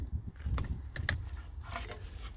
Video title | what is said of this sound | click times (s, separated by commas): 2008 Hyundai Sonata Radio Fuses | this whole piece just snaps back in place so | 1.0 s, 1.1 s